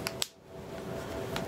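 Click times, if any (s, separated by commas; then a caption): 0.1 s, 0.2 s. Metal snap fasteners are pressed shut on the front of an 18-inch doll's jacket made of vinyl and crushed velvet. Two sharp, short clicks are heard at 0.1 s and 0.2 s as the snaps close, and a fainter click follows at 1.4 s over low background noise. The working snaps seat and click shut.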